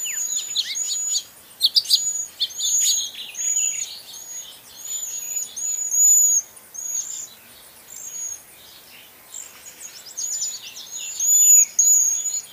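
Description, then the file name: Cedar waxwing giving many thin, very high hissing notes with short gaps between, mixed with sharper chirps and twitters. "Cedar Waxwing Bombycilla cedrorum"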